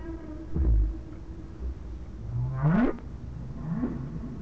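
Whale moans: low, rising upsweeps that climb steeply and fade, with a soft low thump and hiss behind.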